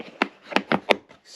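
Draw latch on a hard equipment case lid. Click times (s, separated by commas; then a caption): 0.2 s, 0.9 s. Four locking draw latches on the lid of a hard plastic Case Club carrying case for a Starlink Mini are flipped up over the lid and pressed shut. Sharp, short plastic snaps ring out, with the clearest at 0.2 s and 0.9 s and two similar hits between them. The latches snap into place and seat.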